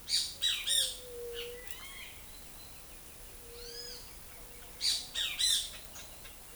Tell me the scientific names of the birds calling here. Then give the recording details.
Pitangus sulphuratus, Leptotila verreauxi. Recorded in forest near Pivijay, Magdalena, Colombia, on 5 June 2023 at 10:00. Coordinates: 10.467, -74.380. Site Z5-G034